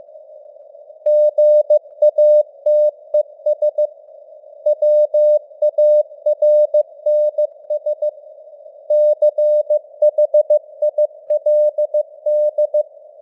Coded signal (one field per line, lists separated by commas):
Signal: Morse code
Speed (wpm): 15 wpm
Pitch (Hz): 600 Hz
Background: none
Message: GATES WARNS CHILD